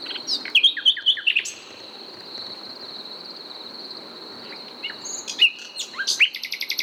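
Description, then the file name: Common nightingale delivering a phrase of bright whistles and clicks, a pause of several seconds, then a fresh burst of quick repeated notes; a thin high drone continues throughout. "Luscinia megarhynchos"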